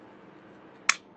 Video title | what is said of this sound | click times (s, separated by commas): Basic Auto Care and Maintenance - Virtual Speaker Series | You'll hear it click when it gets to 140. | 0.9 s